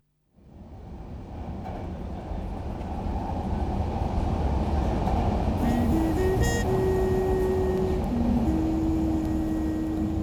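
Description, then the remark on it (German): A Paris metro train ride to the 13th arrondissement: the train rumbles steadily with dense low-frequency roar, then a series of stepped, tonal whines rise and hold as the carriage accelerates, over continuous clattering. “Also nahm ich die Metro ins 13. Arrondissement.”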